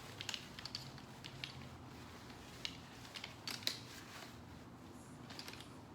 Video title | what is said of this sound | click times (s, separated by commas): Vidiamo Limo Single to Double Stroller Review & Preview | will snap back on relatively easily as well and again you hear audible clicks so that you know everything is going back together correctly | 2.7 s, 3.7 s